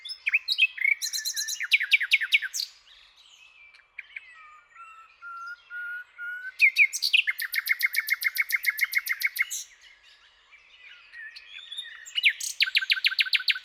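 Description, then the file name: Common nightingale singing rich, varied phrases with long fast trills of repeated notes and quiet whistled slurs between bursts. "Luscinia megarhynchos"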